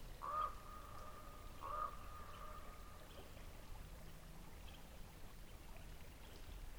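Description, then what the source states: Raven calling twice, about a second and a half apart, each a short hoarse croak, against a constant low rumble and hiss. Raven calling while in flight.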